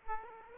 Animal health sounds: mosquito wingbeat signal from an infrared sensor; Aedes aegypti

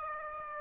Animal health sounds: mosquito wingbeat signal from an infrared sensor; Aedes aegypti

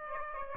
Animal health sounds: mosquito wingbeat signal from an infrared sensor; Aedes aegypti

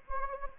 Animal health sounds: mosquito wingbeat signal from an infrared sensor; Anopheles gambiae

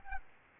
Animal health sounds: mosquito wingbeat signal from an infrared sensor; Aedes albopictus

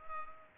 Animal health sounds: mosquito wingbeat signal from an infrared sensor; Culex pipiens

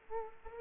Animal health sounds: mosquito wingbeat signal from an infrared sensor; Aedes aegypti

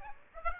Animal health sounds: mosquito wingbeat signal from an infrared sensor; Aedes aegypti

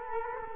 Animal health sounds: mosquito wingbeat signal from an infrared sensor; Culex quinquefasciatus

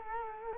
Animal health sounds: mosquito wingbeat signal from an infrared sensor; Culex quinquefasciatus

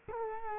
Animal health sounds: mosquito wingbeat signal from an infrared sensor; Culex quinquefasciatus

